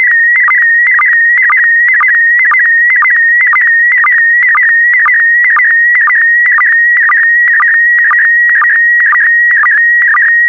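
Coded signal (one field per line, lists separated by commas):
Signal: SSTV (slow-scan television)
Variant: PD120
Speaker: transmission complete you can now check your decoded image against the picture that is shown on the video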